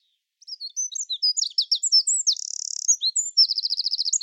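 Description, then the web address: Bird giving rapid high chirps and slurred whistles, a brief buzzy trill in the middle, then a quick series of evenly spaced ticking notes. "Deverinetal 2025 File origin Bird Only"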